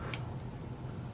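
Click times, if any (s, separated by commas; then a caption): none. A handheld gimbal arm is moved toward the position where its spring-loaded axis lock pin will engage to lock it for travel. A short, bright handling tick sounds at about 0.1 s over a steady low hum. Nothing has seated or clicked yet.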